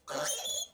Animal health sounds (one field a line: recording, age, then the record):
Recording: pig call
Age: piglet (1 to 25 days)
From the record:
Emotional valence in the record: negative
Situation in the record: restrain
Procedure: back test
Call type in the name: high-frequency call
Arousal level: maximum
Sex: female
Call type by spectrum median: high-frequency call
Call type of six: high-frequency stable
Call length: 0.74 s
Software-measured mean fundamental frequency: 281 Hz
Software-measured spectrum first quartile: 1795 Hz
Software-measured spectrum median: 4069 Hz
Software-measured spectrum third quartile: 7183 Hz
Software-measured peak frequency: 585 Hz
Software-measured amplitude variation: 165 dB a second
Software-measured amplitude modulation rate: 18.9 a second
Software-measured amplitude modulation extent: 8.7 dB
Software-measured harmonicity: 5.7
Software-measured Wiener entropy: -2.49